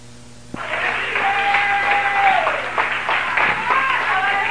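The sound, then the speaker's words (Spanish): An audience bursts into sustained applause after a sudden onset at a preacher's call during an evening church service. It is a dense wash of clapping mixed with voices and a few higher cheer-like tones, steady and loud for several seconds. “denle un aplauso.”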